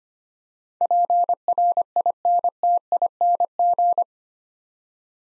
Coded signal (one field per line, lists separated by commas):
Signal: Morse code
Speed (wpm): 25 wpm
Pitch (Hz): 700 Hz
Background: none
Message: PRINTING